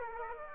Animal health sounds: mosquito wingbeat signal from an infrared sensor; Aedes aegypti

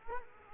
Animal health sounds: mosquito wingbeat signal from an infrared sensor; Culex quinquefasciatus

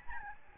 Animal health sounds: mosquito wingbeat signal from an infrared sensor; Aedes albopictus

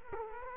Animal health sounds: mosquito wingbeat signal from an infrared sensor; Culex quinquefasciatus

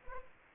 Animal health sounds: mosquito wingbeat signal from an infrared sensor; Anopheles arabiensis

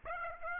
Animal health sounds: mosquito wingbeat signal from an infrared sensor; Aedes aegypti

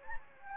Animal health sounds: mosquito wingbeat signal from an infrared sensor; Anopheles gambiae

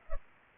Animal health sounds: mosquito wingbeat signal from an infrared sensor; Culex pipiens

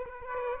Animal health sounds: mosquito wingbeat signal from an infrared sensor; Aedes aegypti

